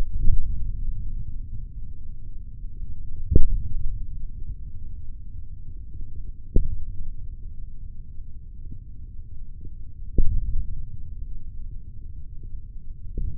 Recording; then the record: forearm muscle sounds (acoustic myography)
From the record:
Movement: hand opening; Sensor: system 3, bracelet of six PUI Audio POM-2738L microphones around the upper forearm, with dedicated amplification and filtering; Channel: 2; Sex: male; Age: 25 years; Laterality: right